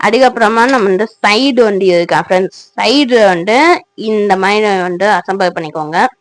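Someone talks throughout while fitting a side panel onto the base piece of a DIY string-pull toy jeep kit, with no distinct impacts heard. The panel is being handled and has not seated or clicked into the base yet.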